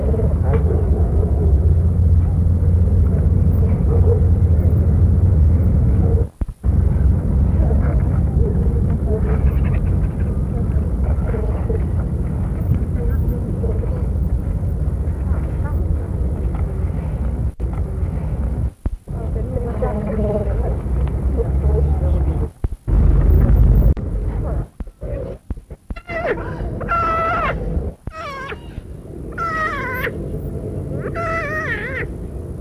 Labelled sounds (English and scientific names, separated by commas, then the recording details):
Giant Otter (Pteronura brasiliensis) call
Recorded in captivity
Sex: pair
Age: adult
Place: Tierpark Carl Hagenbeck, Hamburg, DE
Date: 1961
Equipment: Minifon, Kopie Smaragd
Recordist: Tembrock, Günter
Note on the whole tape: Paar: diverse Lautformen, Schreien, wenn voneinander entfernt, Muckern bei Annäherung (Männchen), die 2-silbigen Laute beim Laufen, Langrufe vom Männchen stehend, auch Laute bei Fütterung. Abstand: 1-15 m. Aufnahmedatum: 24./25.08.1961